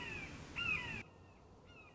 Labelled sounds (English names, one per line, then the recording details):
Red-shouldered Hawk
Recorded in Sonoma County, California